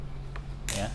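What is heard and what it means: The serrated plastic tongue of the chin strap on an Airoh REV19 Leaden Matt modular helmet is pushed further into the micrometric buckle because the strap is not tight enough. It ratchets in with a short, sharp click at 0.4 s, tightening the fit. Someone talks throughout, over a low steady hum.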